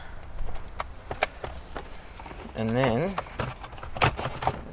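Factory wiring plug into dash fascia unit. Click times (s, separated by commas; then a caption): 0.8 s, 1.2 s. Factory wiring plugs are pushed back into the fascia unit of a Toyota Hilux dash, with sharp plastic clicks at 0.8 s and 1.2 s. Someone talks, and more clicks and handling sounds follow near the end. The plugs are seated.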